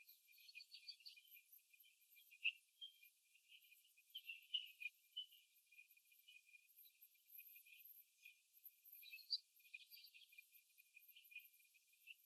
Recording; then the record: young laying hens in a cage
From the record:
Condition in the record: before the stressor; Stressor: simulated dog barking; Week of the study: 2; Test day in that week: 3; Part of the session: 2